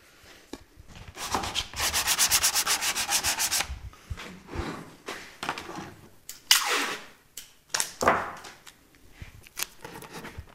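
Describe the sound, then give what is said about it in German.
Glued paper being folded and pressed together: a run of quick, rhythmic rubbing strokes, then several separate louder crinkling swipes and presses, with no voices. “So, jetzt wird das Ganze zusammengeklappt.”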